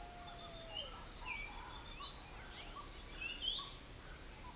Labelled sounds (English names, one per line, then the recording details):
Olive-grey Saltator
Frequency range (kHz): Olive-grey Saltator 2.0-5.0 kHz
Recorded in forest near Pivijay, Magdalena, Colombia, on 5 June 2023 at 05:00
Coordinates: 10.467, -74.380
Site Z5-G034